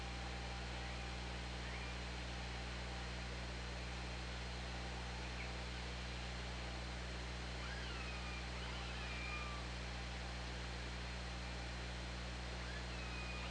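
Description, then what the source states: Orca calls underwater, several faint curved whistled calls a few seconds apart, mostly in the second half, over a constant droning hum. OrcaLab hydrophone, 24 August 2017, 13:15.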